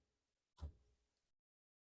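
A new plastic water filter canister is slid into a refrigerator's filter housing and lined up, making a short broadband scraping thump at about 0.6 s that trails off by about 1.3 s. The filter has not yet been pushed up, locked or turned, and nothing has seated or clicked yet.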